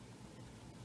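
A repaired Lion LS8900 realtor lock box is handled as its door is closed so the small metal catch inside will latch into the box body. Only a steady, broadband hiss is heard, with no distinct clicks or sudden sounds. The catch has not snapped shut or seated yet.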